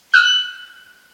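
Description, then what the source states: Bare-throated Bellbird giving a single loud, ringing metallic 'pong' note with a sharp start that fades away over about a second. Called gurá pong in Guaraní (gurá means bird, pong refers to its sound); exceptionally loud metallic sound audible 1 km away; national bird of Paraguay; key indicator species of healthy ecosystems; beloved in Paraguay.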